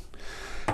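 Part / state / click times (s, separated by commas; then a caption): LED lamp tube segment into the next tube or base connector / seated / 0.7 s. A lamp tube segment of a dimmable RGB LED floor lamp with remote control is pushed into the next tube or base connector during assembly. A faint tick comes at 0.1 s, and the segment clicks in with a sharp, louder snap at 0.7 s, seating it.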